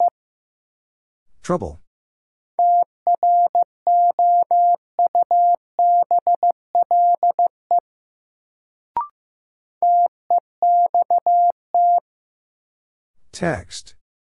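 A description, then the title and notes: A word is tapped out in Morse code as a steady mid-pitched tone in short and long beeps, framed by brief noise bursts and a click. First, the word is sent in Morse code. Then it is spoken.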